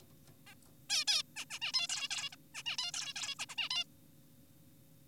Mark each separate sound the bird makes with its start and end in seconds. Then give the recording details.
0.47-0.54, 0.90-1.05, 1.08-1.23, 1.36-1.45, 1.50-1.59, 1.62-1.72, 1.74-1.87, 1.90-2.09, 2.11-2.30, 2.32-2.36, 2.55-2.63, 2.66-2.77, 2.78-2.92, 2.94-3.14, 3.16-3.35, 3.40-3.46, 3.49-3.56, 3.58-3.69, 3.70-3.84. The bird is an adult. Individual g4p5U